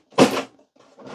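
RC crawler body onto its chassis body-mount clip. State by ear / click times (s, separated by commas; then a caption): not seated / none. The front of the plastic body on an FCX10 Pro V2 Toyota LC80 RC crawler is whacked down onto its chassis body-mount clip, giving a loud thud at about 0.2 s and another at about 1.2 s. The clip engages and disengages but does not lock, and nothing has seated or clicked yet.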